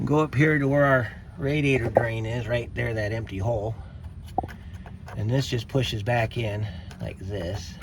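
A plastic radiator drain plug on a 2001–08 Mercury Mariner / Ford Escape 2.3 is handled at the empty drain hole on the radiator during a thermostat replacement. Someone talks throughout, with a few brief sharp knocks around 4.4–4.9 s. Nothing has seated or clicked yet.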